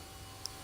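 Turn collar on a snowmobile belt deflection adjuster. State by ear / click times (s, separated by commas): seated / 0.5 s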